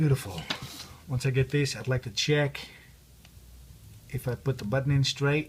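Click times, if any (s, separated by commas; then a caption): none. Someone talks while handling the home button of an Apple iPhone 6 Plus, lining it up to press straight into its opening in the new screen assembly to test that it clicks, since an off-centre button catches in the hole and won't click. A quiet stretch with a faint tick sits between the bursts of talk. Nothing has seated or clicked yet.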